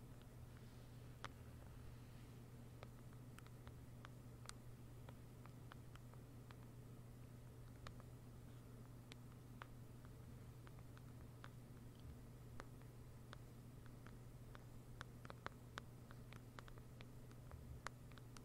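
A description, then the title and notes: Slow, rain-like tapping: sparse, irregular little ticks and clicks scattered across the whole stretch, a few sharper and brighter than the rest, growing somewhat busier after the midpoint. Underneath runs a steady low hum and a soft constant hiss, like a fan. ASMR NO TALKING slow rain-like Tapping.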